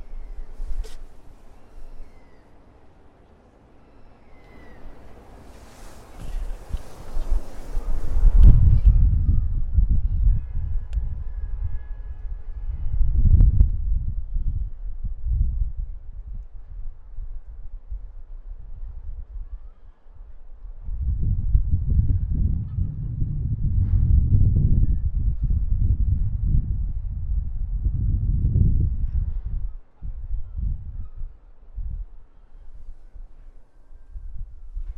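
A walk through Prague from the Castle toward Charles Bridge, dominated by low, rumbling gusts that swell from about eight seconds to twenty and again from twenty-one to twenty-nine. A brief hiss rises around five seconds, faint thin tones drift through the middle, and quieter stretches open and close it.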